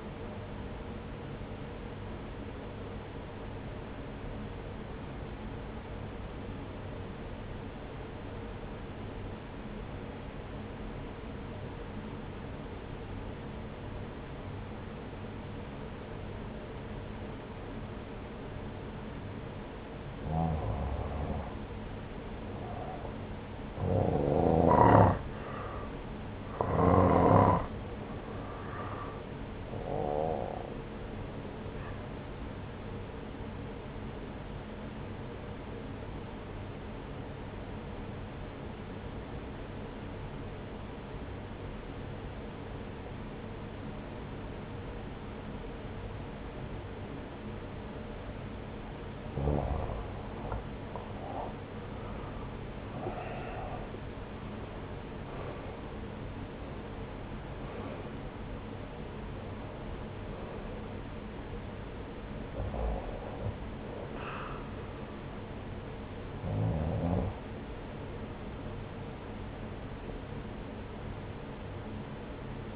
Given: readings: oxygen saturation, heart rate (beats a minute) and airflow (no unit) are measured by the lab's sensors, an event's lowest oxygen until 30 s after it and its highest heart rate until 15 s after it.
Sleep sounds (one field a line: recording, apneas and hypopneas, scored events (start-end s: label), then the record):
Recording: breathing in sleep by a voice recorder at the bedside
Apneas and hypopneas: 2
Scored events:
7.00-21.30 s: obstructive apnea (N1, oxygen 94% highest, then 87% lowest)
36.00-51.40 s: obstructive apnea (N1, oxygen 91% highest, then 86% lowest)
From the record:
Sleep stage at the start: N1 (lightest sleep)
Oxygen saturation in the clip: 85 to 94%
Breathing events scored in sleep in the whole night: 303 in 8.1 hours asleep